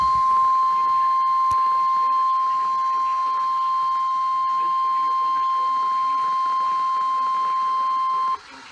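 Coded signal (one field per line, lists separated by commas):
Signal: Emergency Alert System (SAME) tones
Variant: 1050 Hz attention tone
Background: speech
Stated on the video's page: Real alerts received mostly on NOAA Weather Radio transmitter KEC92, some on WXM57 and KJY99, and one on television station WHRO-TV.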